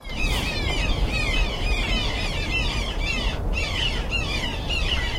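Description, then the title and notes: Western jackdaw chicks giving rapid, overlapping squawking calls, harsh and chattering, in a near-continuous stream with a brief pause just before three and a half seconds; steady low rumble underneath. Well-grown chicks in a nest hole above the main entrance of a castle ruin housing many breeding pairs; most nests recently hatched, chicks soon to leave. "Camber Castle is home to many pairs of jackdaws"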